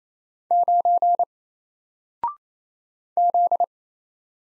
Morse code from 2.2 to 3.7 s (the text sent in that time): Z